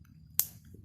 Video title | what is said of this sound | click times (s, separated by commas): membuat kabel straight dan crossover untuk instalasi jaringan komputer | bunyi klik artinya sudah | 0.4 s